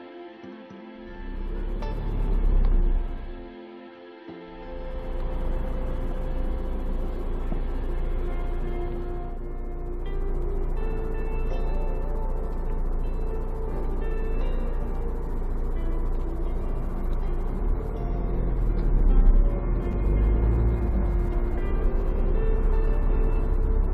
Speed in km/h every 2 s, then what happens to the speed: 0, 0, 4, 1, 0, 1, 1, 1, 0, 1, 7, 11.
0-18 standing. 18-24 pulls away to 11.